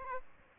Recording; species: mosquito wingbeat signal from an infrared sensor; Aedes albopictus